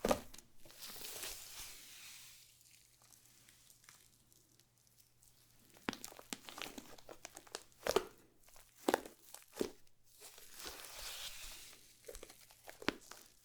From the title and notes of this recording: Satisfying ASMR Slime. No Talking.